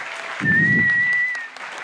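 At a Geek Out event at the Centro Cultural San Martín, a crowd claps in a dense, steady wash of applause lasting the whole stretch, swelling briefly louder near the start while a thin, sustained high whistle rings through the middle.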